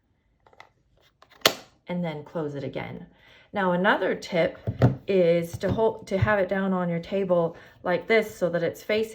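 A few faint ticks at about 0.5 s lead into a loud, sharp click at 1.5 s as the small well at the back of a turned-around, closed-up Stampin' Up! plastic ink pad case is pulled, unlocking its sliding lid so it can be closed again. Someone then talks for the rest of the clip.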